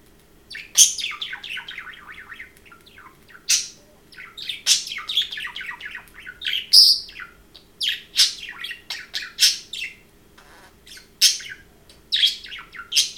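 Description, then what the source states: Parrot warbling song, a busy stream of chirps, clicks and squeaky rising and falling notes that comes in lively bursts throughout. Domestic pet parrot, chirping and talking.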